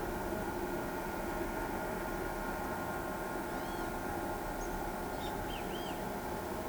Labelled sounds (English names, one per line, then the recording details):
Great Kiskadee
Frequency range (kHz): Great Kiskadee 1.7-12.2 kHz
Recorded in pastures near Pivijay, Magdalena, Colombia, on 18 April 2023 at 11:00
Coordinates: 10.456, -74.369
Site P6-G026